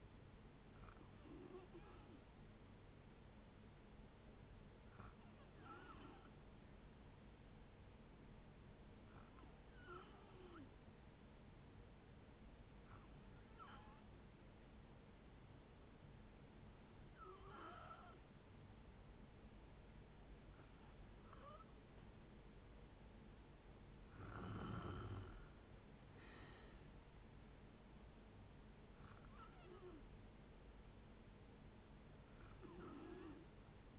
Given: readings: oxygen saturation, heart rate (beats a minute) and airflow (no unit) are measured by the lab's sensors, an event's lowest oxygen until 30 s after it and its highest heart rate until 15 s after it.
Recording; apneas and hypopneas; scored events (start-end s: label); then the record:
breathing in sleep by a voice recorder at the bedside; 1
3.00-23.70 s: hypopnea (N2, oxygen 94% highest, then 89% lowest, heart rate 58 at the start, 69 highest)
From the record:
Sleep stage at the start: N2 (light sleep); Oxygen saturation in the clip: 89 to 94%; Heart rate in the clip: 57 to 69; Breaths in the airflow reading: 8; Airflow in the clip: -6.1 to 6.1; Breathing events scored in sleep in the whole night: 496 in 5.4 hours asleep